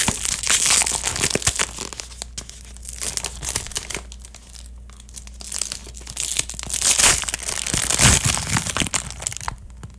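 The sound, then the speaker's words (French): A foil-lined cookie bag is opened, crinkling and crackling for ten seconds, with sharp, dense bursts of rustling and raspy scraping that swell loud at the start and again near the end, with no talking. “On dirait que tu te limes les ongles avec le sac.”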